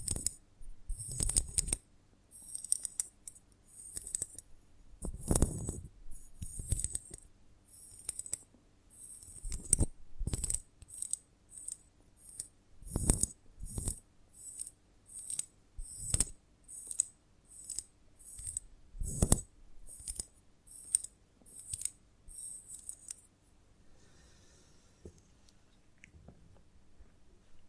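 A honeycomb on a branch is handled in a quick run of bright, crinkly crackles and taps, about two or three bursts a second. Several heavier knocks land around 5, 13, 16 and 19 seconds. The sounds stop near 23 seconds, leaving near silence.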